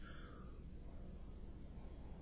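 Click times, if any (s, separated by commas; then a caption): none. A plastic RJ-45 connector is inserted and lined up in the top right die slot of a crimping tool, handled the way a plug is flipped into a wall jack. Only a steady low rumble and faint handling noise are heard. The connector has not clicked or seated in the slot yet.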